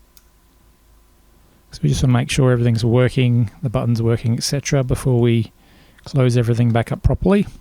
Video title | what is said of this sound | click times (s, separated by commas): Repair - Apple iPhone 5C screen replacement | use your finger to sort of click it in. You'll feel it click in neatly. | 0.2 s